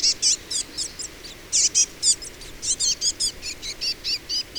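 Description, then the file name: Eurasian blue tit calls: a rapid series of sharp, high, clipped notes repeated several times a second throughout, loud and steady with little else audible. "Cyanistes caeruleus"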